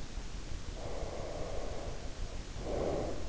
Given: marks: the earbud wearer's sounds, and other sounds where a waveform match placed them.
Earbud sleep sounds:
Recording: sounds in sleep by an in-ear microphone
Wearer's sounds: breath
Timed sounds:
0.53-3.26 s: breath

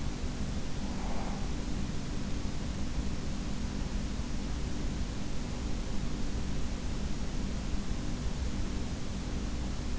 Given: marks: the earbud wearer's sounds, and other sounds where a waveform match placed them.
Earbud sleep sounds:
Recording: sounds in sleep by an in-ear microphone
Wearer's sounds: breath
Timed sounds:
0.00-1.96 s: breath

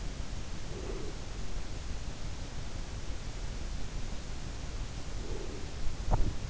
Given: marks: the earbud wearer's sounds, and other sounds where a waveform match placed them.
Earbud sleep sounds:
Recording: sounds in sleep by an in-ear microphone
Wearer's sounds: breath, teeth grinding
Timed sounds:
0.66-1.43 s: breath
4.98-6.10 s: breath
5.92-6.49 s: teeth grinding

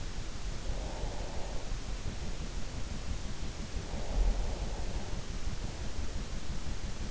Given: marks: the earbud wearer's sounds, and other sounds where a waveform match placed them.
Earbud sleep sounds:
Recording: sounds in sleep by an in-ear microphone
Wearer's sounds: breath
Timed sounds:
0.66-2.05 s: breath
3.76-5.38 s: breath

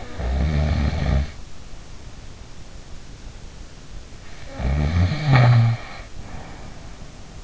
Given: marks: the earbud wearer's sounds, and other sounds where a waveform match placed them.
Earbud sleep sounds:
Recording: sounds in sleep by an in-ear microphone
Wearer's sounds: snoring breath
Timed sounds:
0.00-1.44 s: snoring breath
4.47-7.26 s: snoring breath

